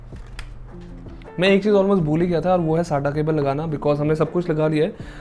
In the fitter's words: you will hear a click And this means your connector is installed